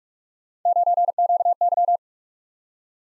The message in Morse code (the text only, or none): 9QY